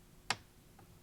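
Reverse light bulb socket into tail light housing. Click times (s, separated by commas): 0.3 s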